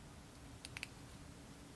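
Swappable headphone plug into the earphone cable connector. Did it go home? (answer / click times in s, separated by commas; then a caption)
yes / 0.6 s, 0.8 s. An interchangeable termination plug is pushed onto an earphone cable's connector and secured by a set screw. Three short, sharp metal clicks are heard at 0.7, 0.8 and 0.8 seconds over a quiet background. The swappable plug locks into place and is not coming apart.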